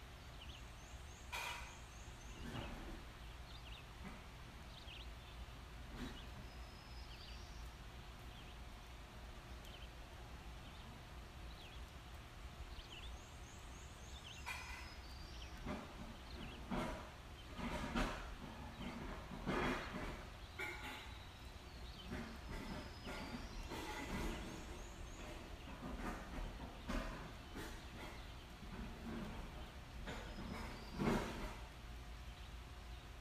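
Several kinds of birds chirp and call through the recording, with short bright notes scattered throughout and busier stretches around 15 to 25 seconds. A steady low rumble of a large truck sits underneath the whole time, and occasional knocks and bumps sound inside the house.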